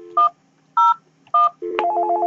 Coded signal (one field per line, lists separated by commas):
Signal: DTMF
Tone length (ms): 180 ms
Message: 101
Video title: Panasonic Remote Phones